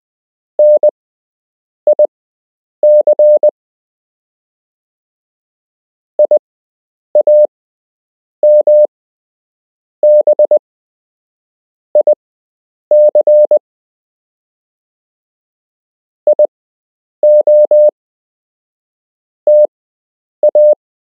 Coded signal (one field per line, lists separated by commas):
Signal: Morse code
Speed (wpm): 20 wpm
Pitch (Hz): 600 Hz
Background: none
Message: NIC IAMBIC IOTA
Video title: You can learn Morse code - Part 5